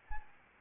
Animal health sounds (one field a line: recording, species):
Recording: mosquito wingbeat signal from an infrared sensor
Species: Anopheles arabiensis